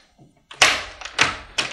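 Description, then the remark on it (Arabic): A door is unlatched and swung open for a messenger of Emir Muhammad ibn Yusuf al-Thaqafi in a radio drama, marked by three solid wooden clunks in quick succession, each a sharp bright knock that fades quickly, with no voices. “أرجو أن تفتح لي الباب وسأشرح لكم كل شيء.”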